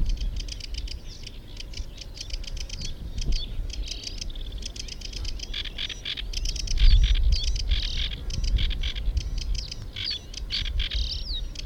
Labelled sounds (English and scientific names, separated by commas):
Sedge Warbler (Acrocephalus schoenobaenus) song